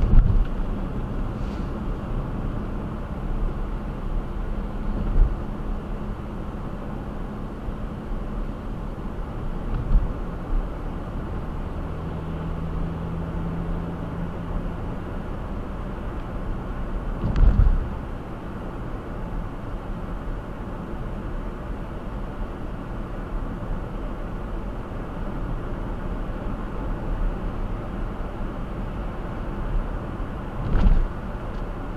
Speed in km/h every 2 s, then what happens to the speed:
45, 50, 50, 52, 53, 56, 61, 63, 61, 61, 60, 60, 58, 66, 68, 66.
0-8 steady at about 50. 8-13 speeds up to 63. 13-24 steady at about 60. 24-27 speeds up to 68.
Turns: none.